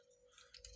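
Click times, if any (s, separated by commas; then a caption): 0.6 s. The plastic feet of a transforming toy robot are slid out of its legs until they lock into position. Several small, sharp plastic clicks sound over a steady faint hum, at about 0.4, 0.6 and 0.8 seconds, with the loudest click at 0.7 seconds as the feet lock into place.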